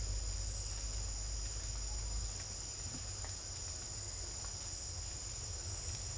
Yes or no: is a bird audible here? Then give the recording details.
no. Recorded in secondary vegetation near Puerto Asís, Putumayo, Colombia, on 20 December 2024 at 07:30. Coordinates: 0.484, -76.319. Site GP06